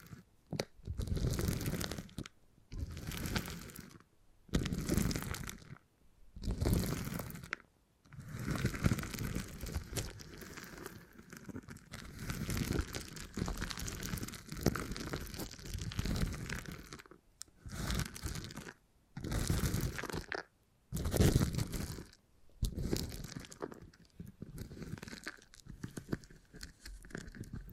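Beeswax is squeezed and worked, giving dense crackling, crunchy bursts with a soft waxy creak. The sounds come in uneven clusters of a second or two, separated by brief silences, some bursts louder and sharper, continuing steadily across the whole clip.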